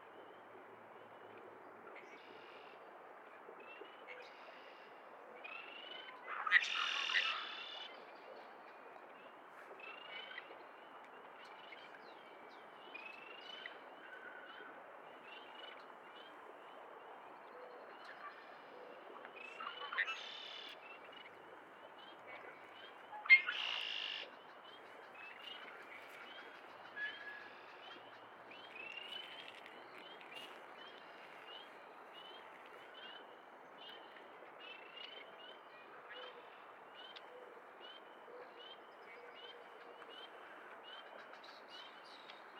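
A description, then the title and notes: Dusk in Miner's Marsh, with a steady low hush under a stream of short, high repeated calls, likely insects or frogs, ticking along throughout. Louder bursts of bird calls break in near 7, 20 and 23 seconds, with fainter calls scattered between. Dusk Sounds in Miner's Marsh. Miner's Marsh, Annapolis Valley, Nova Scotia.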